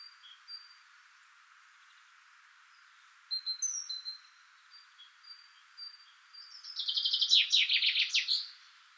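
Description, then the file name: Common chaffinch song: faint scattered high whistles first, then a strong rattling trill that descends and ends in a flourish, about two seconds long. "Fringilla coelebs"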